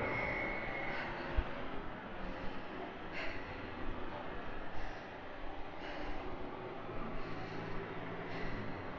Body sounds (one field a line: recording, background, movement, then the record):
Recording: deep breathing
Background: traffic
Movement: walking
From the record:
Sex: female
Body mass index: 22.6 kg/m2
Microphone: on the chest, facing outward